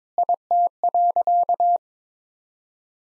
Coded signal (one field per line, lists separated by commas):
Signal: Morse code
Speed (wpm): 22 wpm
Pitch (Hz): 700 Hz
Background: none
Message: IT.